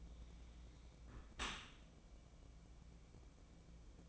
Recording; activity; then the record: daily activity, microphone in the room; close dishwasher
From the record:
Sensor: 1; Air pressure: 1012.4 hPa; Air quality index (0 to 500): 171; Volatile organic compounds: 3 ppm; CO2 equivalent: 1395 ppm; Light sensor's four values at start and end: 303/687/305/331 and 309/699/311/338